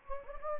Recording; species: mosquito wingbeat signal from an infrared sensor; Anopheles gambiae